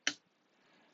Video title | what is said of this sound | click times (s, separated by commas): LEGO Building 31134 Space Shuttle | Nice satisfying snap. | 0.1 s